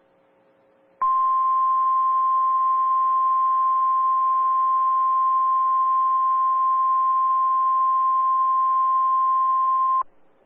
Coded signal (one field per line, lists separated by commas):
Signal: Emergency Alert System (SAME) tones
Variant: 1050 Hz attention tone